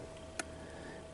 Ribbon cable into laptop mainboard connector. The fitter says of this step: should hear a little click or feel a little click when it's what's in there correctly yeah